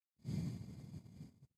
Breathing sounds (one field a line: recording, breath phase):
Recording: one breath near a microphone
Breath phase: exhalation